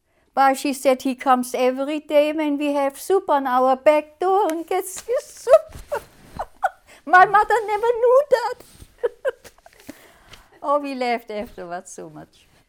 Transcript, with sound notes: "Well," she said, "he comes every day when have soup on our back door and gets his soup." (she laughs) My mother never knew that. Oh, we laughed afterwards so much.